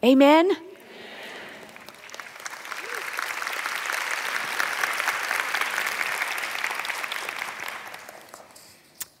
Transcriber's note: applause